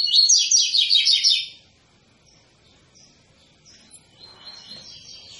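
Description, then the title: Double-collared seedeater song: a quick burst of repeated twittering notes for just over a second, then near silence with faint, thin high notes later. Tui-tui song type; recording intended for teaching young birds the song (fibra, professor). "COLEIRO TUI TUI FIBRA"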